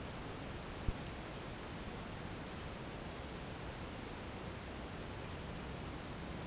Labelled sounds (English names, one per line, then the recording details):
none
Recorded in pastures near Puerto Asís, Putumayo, Colombia, on 24 March 2025 at 16:00
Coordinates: 0.472, -76.329
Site G074